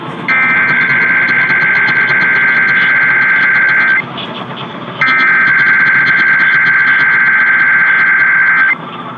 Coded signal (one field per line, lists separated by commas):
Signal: Emergency Alert System (SAME) tones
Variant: header bursts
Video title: Richmond, VA RMT on WRVA (8/4/21)(EAS 825)